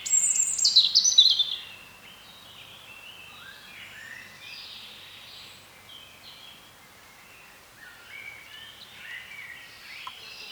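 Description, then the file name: European robin song: a loud burst of high, thin twittering notes at the start, then softer warbled phrases. "Erithacus rubecula"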